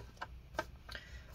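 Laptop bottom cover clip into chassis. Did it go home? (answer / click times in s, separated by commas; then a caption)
no / none. The plastic bottom cover of an HP ENVY x360 m Convertible 15m-ee0013dx laptop is angled into the chassis to make its clip catch. Three light ticks sound at about 0.2, 0.6 and 1.0 seconds, the middle one loudest. The clip fails to engage, and nothing has seated or clicked into place yet.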